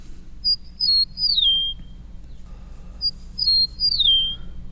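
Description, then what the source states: Eastern Meadowlark song: two clear whistled phrases, each a few slurred notes sliding downward, the second starting about two and a half seconds after the first, over a low steady hum. Song rendered as 'spring of the year'.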